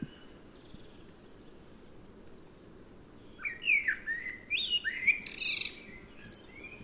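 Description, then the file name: Common blackbird: after a few seconds of near silence, a common blackbird delivers a fluty, swooping warble ending in squeaky high notes. "Turdus merula"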